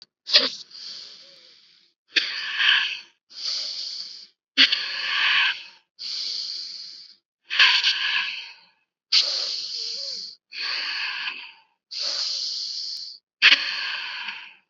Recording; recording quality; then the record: deep breathing; excellent, no background noise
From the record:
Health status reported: COVID-19 positive, mild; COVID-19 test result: positive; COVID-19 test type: rapid antigen test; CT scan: not taken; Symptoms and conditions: cough, fever, fatigue, muscle pain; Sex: female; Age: 36 years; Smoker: no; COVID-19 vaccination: both doses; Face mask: worn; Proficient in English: yes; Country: India